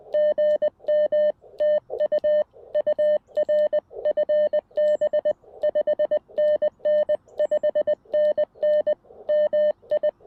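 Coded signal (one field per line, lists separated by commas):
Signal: Morse code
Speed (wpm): 20 wpm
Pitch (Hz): 600 Hz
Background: none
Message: GM TU UR FB 5NN 5NN MI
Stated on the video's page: CW POTA activation on 40m with a CFT1 radio, EFHW antenna, homebrew Pico Paddle.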